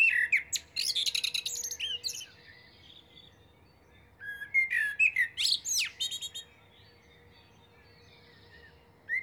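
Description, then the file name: Common blackbird song in two phrases separated by a pause, each a rich warble ending in scratchy, high twittering; a third phrase begins at the end. "Turdus merula"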